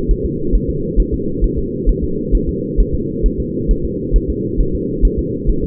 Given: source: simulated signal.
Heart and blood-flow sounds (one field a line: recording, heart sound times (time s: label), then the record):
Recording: fetal heart sounds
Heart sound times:
0.11 s: S1
0.25 s: S2
0.55 s: S1
0.70 s: S2
1.00 s: S1
1.14 s: S2
1.44 s: S1
1.59 s: S2
1.89 s: S1
2.04 s: S2
2.35 s: S1
2.49 s: S2
2.80 s: S1
2.95 s: S2
3.26 s: S1
3.40 s: S2
3.71 s: S1
3.85 s: S2
4.16 s: S1
4.30 s: S2
4.60 s: S1
4.75 s: S2
5.05 s: S1
5.19 s: S2
5.50 s: S1
5.64 s: S2
From the record:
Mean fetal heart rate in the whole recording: 135 bpm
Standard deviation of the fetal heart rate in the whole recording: 3 bpm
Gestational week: 36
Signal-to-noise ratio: -6.6 dB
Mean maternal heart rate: 72 bpm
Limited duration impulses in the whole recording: present